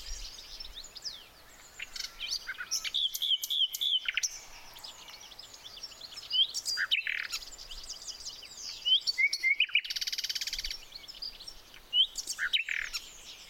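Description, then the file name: Common nightingale song: bursts of rapid, repeated notes and short trills among many varied chirps, with a brief rush of noise midway. "Luscinia megarhynchos"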